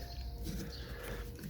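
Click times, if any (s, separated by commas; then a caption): none. A wiper blade is slid over the top of the rear wiper arm of a Ford Focus ST and lined up, ready to be pushed home. There are soft, steady sliding and handling sounds with a low rumble underneath, and a slightly louder knock near 1.4 s. Nothing has clicked in yet.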